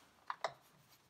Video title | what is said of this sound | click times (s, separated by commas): #27 Preparing the chainsaw for Winter Storage | a little bit of a fact to get everything to pop into place mostly | 0.3 s, 0.4 s